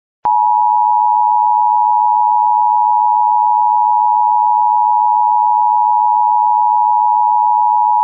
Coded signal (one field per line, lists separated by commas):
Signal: Emergency Alert System (SAME) tones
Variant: 853 and 960 Hz attention tone